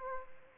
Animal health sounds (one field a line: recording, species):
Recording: mosquito wingbeat signal from an infrared sensor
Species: Aedes aegypti